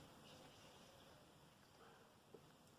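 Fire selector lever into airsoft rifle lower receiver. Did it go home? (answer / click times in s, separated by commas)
no / none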